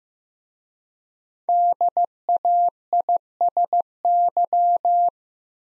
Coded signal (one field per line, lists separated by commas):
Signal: Morse code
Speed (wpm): 15 wpm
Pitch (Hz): 700 Hz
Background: none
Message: DAISY